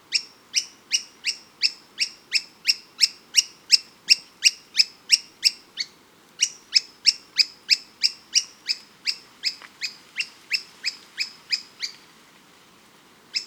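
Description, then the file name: Bird giving quick high chipping notes in long rapid runs, about three per second, with a brief pause midway and near the end. "SABIOD 50 bird 2015"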